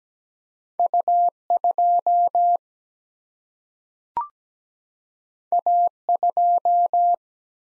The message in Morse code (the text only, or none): U 2 A 2